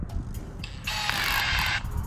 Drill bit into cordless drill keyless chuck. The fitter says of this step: เห็นไหมครับอื้อกึกกึกนะครับมันจะดังกึกกึกกึกนะครับถ่ายไป